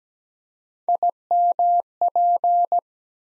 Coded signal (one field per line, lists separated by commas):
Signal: Morse code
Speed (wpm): 17 wpm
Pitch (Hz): 700 Hz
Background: none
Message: IMP